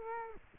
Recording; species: mosquito wingbeat signal from an infrared sensor; Culex quinquefasciatus